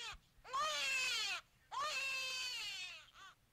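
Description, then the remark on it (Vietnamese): A baby cries by a deserted, cold riverbank: two long, shrill, wavering wails, each rising sharply and then sustained at a high pitch, with short whimpers at the start and end and no talking. “Lúc chị định quay đầu lên trên nhà thì bất ngờ đâu đó có tiếng trẻ con khóc choe choé vang lên, loanh quanh vất vưởng ở đây, làm cho chị bất giác rùng mình, dựng cả tóc gáy.”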